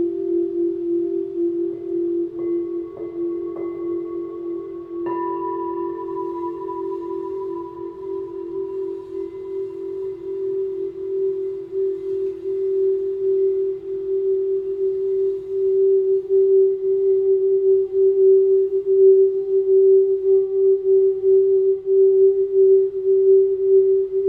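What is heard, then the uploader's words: Crystal singing bowls hum a steady, mid-pitched drone, with brief higher overtones entering in the first five seconds, then fading as the tone swells. Crystal singing bowls.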